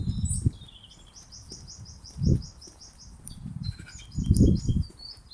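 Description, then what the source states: Bird notes: a steady string of short high pips in quick succession, then mixed chirps. Heavy low rumbling thuds come and go beneath. Unidentified mystery bird.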